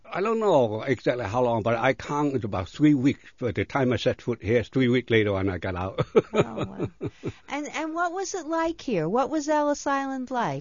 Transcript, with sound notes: I don't know exactly how long, but I counted about three weeks. But the time I set foot here, it was three weeks later that I got out. ( he laughs )
And what was it like here? What was Ellis Island like?